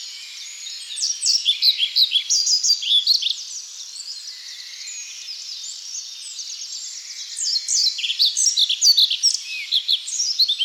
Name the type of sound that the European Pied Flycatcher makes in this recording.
song